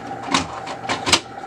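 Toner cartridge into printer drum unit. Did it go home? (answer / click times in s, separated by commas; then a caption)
yes / 0.3 s, 1.1 s. A toner cartridge is pushed into the new DR500 drum unit of a Brother HL-5050 laser printer. Two sharp plastic clicks sound at 0.4 s and 1.1 s, the second one louder. The cartridge clicks into place and is seated.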